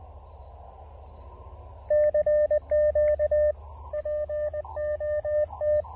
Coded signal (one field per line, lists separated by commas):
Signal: Morse code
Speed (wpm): 20 wpm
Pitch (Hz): 590 Hz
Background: radio noise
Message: CQ POT